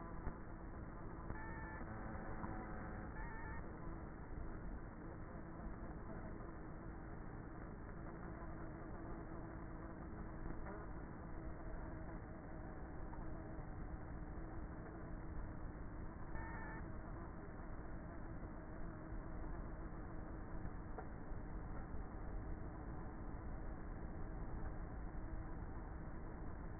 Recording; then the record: honeybee colony, microphone inside the hive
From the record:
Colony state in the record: queenless with a low population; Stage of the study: before two queens were removed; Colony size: about 30,000 bees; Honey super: no